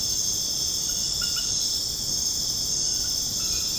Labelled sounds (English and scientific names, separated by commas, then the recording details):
none
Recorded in dense forest near Puerto Asís, Putumayo, Colombia, on 25 June 2025 at 21:00
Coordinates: 0.486, -76.317
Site G065